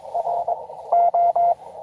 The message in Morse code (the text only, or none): R O